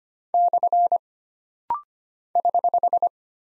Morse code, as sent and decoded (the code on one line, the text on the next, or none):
-..-. / ........
/ <HH>